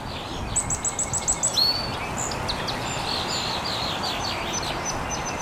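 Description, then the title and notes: Birds chirping: a quick run of about seven high repeated notes opens, then mixed faint twitters continue over a steady hiss. Birds chirping very early in the morning in an estuary. "Birds Chirping in the Early Morning. Original sounds of birds chirping very early in the morning in an estuary"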